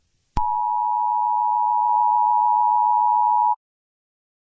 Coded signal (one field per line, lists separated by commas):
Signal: Emergency Alert System (SAME) tones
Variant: 853 and 960 Hz attention tone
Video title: Eas scenario - the sun is huge